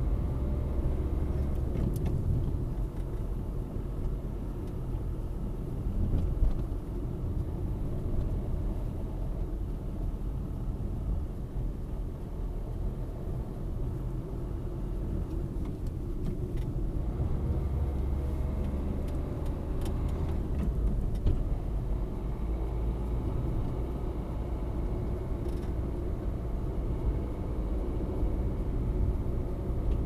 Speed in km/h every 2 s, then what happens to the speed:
35, 34, 31, 30, 32, 29, 32, 36, 36, 38, 40, 44, 47, 48, 49.
0-11 steady at about 31. 11-23 speeds up to 47. 23-30 steady at about 48.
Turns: none.